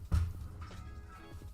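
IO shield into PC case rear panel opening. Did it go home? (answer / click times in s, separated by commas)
no / none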